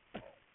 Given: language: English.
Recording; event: throat vibration sensor signal played as sound; cough